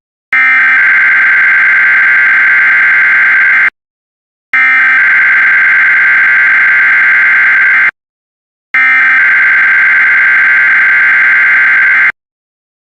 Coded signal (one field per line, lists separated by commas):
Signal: Emergency Alert System (SAME) tones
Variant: header bursts